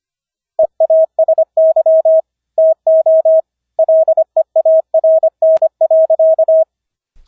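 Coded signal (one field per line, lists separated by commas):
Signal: Morse code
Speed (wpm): 25 wpm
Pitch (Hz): 640 Hz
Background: none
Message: EASY TO LEARN.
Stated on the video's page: Morse code audio generated on a Windows 10 desktop by software CW keyers and software CW keyboards, routed into Mumble voice chat.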